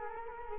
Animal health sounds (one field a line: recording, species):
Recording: mosquito wingbeat signal from an infrared sensor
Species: Culex quinquefasciatus